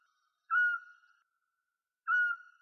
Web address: Otus scops